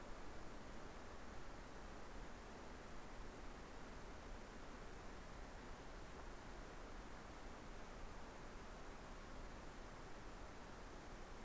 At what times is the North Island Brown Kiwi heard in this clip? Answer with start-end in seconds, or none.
none